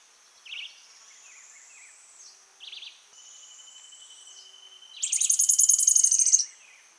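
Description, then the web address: Olive spinetail singing a high, rapid, even trill near the end, preceded by several short high notes and thin whistled sounds. Song recorded at Santa Ines on 23 November 2001. "Cranioleucaobsoleta Santa Ines 23 NOV 01"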